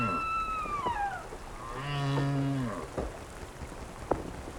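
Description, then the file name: Whale calls: a long whistle sliding downward, then a low moaning tone with rich harmonics, and a few short clicks near the end. "tower whales"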